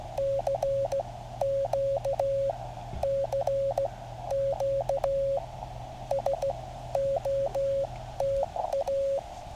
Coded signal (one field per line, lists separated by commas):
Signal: Morse code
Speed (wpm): 15 wpm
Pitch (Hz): 550 Hz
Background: radio noise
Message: CQCQ SOTA